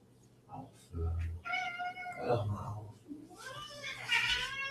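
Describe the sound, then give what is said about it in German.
A male cat meows repeatedly in drawn-out, wavering cries that rise and fall in pitch, fairly loud, with a few low thumps and soft background noise between the calls. “Ja, ich muss jetzt hier mal nach dem Kater gucken.”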